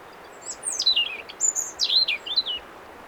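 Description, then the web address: European robin singing a short phrase of high, sliding notes that dip and rise, with a clear thin whistle in the middle, over light hiss. "SETE data Erithacus rubecula"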